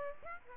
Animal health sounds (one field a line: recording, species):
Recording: mosquito wingbeat signal from an infrared sensor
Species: Aedes aegypti